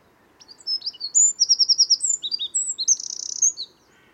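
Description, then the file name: Eurasian wren song, a loud, fast outpouring of piercing high notes and repeated trills lasting about three seconds, with a faint low hum behind it. "Troglodytes troglodytes"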